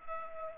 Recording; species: mosquito wingbeat signal from an infrared sensor; Culex pipiens